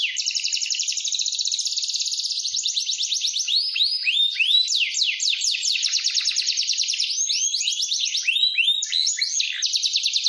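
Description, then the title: Atlantic canary song, a long run of fast rolling trills and rapid repeated notes, shifting through sweeping upward and downward slurs and buzzy rattles, continuous throughout. Canary song in the 'cengkok mewah' ornate style, presented as a master track for training white-eyes (pleci) to learn song. "Cengkok Kenari Mewah. KENARI GACOR, KENARI CENGKOK MEWAH, COCOK BUAT MASTERAN PLECI"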